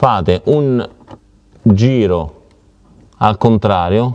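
A screw is being turned counterclockwise into the plastic opening-mechanism (blade) part of a Thetford C200 cassette toilet, backing it until its thread drops into the existing thread. Someone talks through most of the clip over a quiet background. Nothing has seated or clicked yet; the clip ends before the screw goes home.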